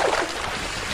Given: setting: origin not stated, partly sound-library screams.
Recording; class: one-second piece from a danger detection set; normal situation